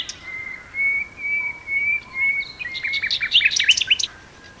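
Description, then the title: Common nightingale song opening with a string of long, pure whistled notes, then breaking into a rapid run of sharp chattering notes. Two nightingales singing together as a duet on Westleton Heath. "sanderson. nightingale duet on westleton heath"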